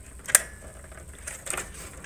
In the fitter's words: that little click is the retaining clips going in on the side, which is a good sound.